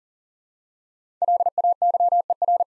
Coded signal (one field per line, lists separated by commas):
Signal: Morse code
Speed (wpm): 39 wpm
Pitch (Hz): 700 Hz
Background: none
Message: LAYER